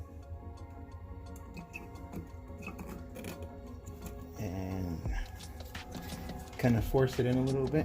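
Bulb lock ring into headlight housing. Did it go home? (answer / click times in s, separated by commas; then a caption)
no / none. Someone talks over background music while picking up a plastic headlight bulb lock ring for a Chevrolet Cobalt SS and lining it up at the back of the headlight housing before forcing it home. Only small handling ticks are heard, and the lock ring has not clicked or locked yet.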